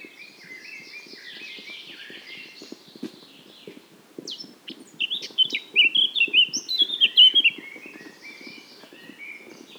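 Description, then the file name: Eurasian blackcap song: a soft scratchy warble rising to a loud fluting flourish, with faint background noise underneath. "Sylvia atricapilla"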